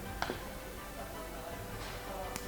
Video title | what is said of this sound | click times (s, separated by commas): Tutorial Pemasangan Cable Termination Kit (CTK) Resin dan Bakar | sudah mengunci tinggal kita Kencangkan kembali baut | 0.2 s